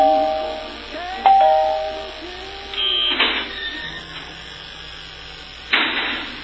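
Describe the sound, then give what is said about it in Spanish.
A doorbell chimes with a couple of clear, ringing tones, followed by a few short bursts of hissy, clattering noise and a low background hum. “Ok, está sonando al timbre”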